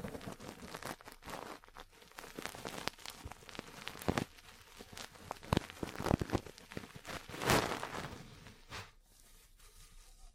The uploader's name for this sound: Ear Cleaning, Massage, Cupping, Tapping